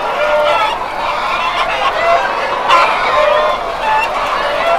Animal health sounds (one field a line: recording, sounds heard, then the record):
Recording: poultry house recording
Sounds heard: healthy chickens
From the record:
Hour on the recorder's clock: 5